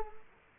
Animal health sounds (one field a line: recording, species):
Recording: mosquito wingbeat signal from an infrared sensor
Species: Culex quinquefasciatus